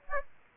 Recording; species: mosquito wingbeat signal from an infrared sensor; Aedes aegypti